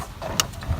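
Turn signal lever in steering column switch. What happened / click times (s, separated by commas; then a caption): The signal lever clicked into its detent / 0.4 s. On a 2009 Chevrolet Malibu, the plastic turn signal lever of a newly installed steering column switch, replacing a broken one, is pushed to the left. It gives a loud, sharp click at 0.4 s as it locks into the left detent and is confirmed seated, then it is turned off. A fainter click follows at 0.8 s over a low background rumble.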